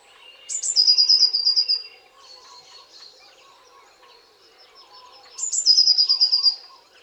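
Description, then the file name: Eurasian blue tit giving a high thin note followed by a fast, slightly falling trill, heard twice about five seconds apart. "Cyanistes caeruleus"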